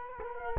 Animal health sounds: mosquito wingbeat signal from an infrared sensor; Culex quinquefasciatus

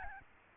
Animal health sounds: mosquito wingbeat signal from an infrared sensor; Aedes albopictus

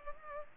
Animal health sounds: mosquito wingbeat signal from an infrared sensor; Culex pipiens

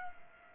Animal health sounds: mosquito wingbeat signal from an infrared sensor; Culex pipiens

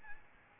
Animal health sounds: mosquito wingbeat signal from an infrared sensor; Aedes albopictus

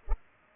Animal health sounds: mosquito wingbeat signal from an infrared sensor; Culex pipiens

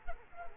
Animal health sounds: mosquito wingbeat signal from an infrared sensor; Culex quinquefasciatus

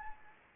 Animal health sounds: mosquito wingbeat signal from an infrared sensor; Anopheles gambiae

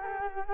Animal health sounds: mosquito wingbeat signal from an infrared sensor; Culex quinquefasciatus

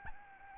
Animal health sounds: mosquito wingbeat signal from an infrared sensor; Aedes albopictus

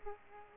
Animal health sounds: mosquito wingbeat signal from an infrared sensor; Aedes aegypti

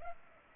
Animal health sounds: mosquito wingbeat signal from an infrared sensor; Culex pipiens

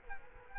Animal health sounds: mosquito wingbeat signal from an infrared sensor; Culex quinquefasciatus

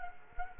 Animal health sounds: mosquito wingbeat signal from an infrared sensor; Culex quinquefasciatus

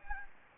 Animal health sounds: mosquito wingbeat signal from an infrared sensor; Anopheles gambiae

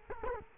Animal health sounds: mosquito wingbeat signal from an infrared sensor; Culex quinquefasciatus

